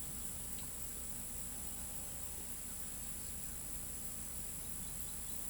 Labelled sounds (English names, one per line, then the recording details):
none
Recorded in pastures near Pivijay, Magdalena, Colombia, on 4 June 2023 at 18:00
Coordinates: 10.456, -74.369
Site P6-G026